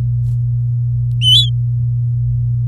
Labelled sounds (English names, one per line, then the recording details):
Domestic Canary song
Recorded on 4 May 2018 at 09:57
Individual llb16